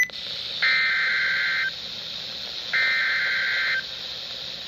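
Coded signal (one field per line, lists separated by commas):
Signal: Emergency Alert System (SAME) tones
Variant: header bursts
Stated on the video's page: Two identical special marine warnings received from NOAA Weather Radio stations, from the Mount Holly weather office.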